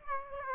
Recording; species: mosquito wingbeat signal from an infrared sensor; Aedes aegypti